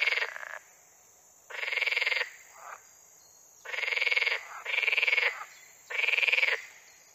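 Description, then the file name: Water frog croaking in rough, pulsed bursts about half a second to a second long, repeated roughly every one to two seconds, with a fainter short croak between some bursts. "grenouille verte"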